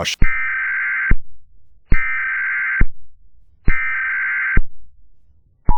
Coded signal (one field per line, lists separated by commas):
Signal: Emergency Alert System (SAME) tones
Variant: header bursts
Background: speech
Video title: The Caddo/Oklahoma City Tornado: An EAS Scenario